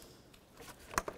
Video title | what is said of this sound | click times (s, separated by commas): How to Replace VVT Solenoid 2006-12 Ford Fusion | listen for a click give it a tug make sure it's locked | 1.0 s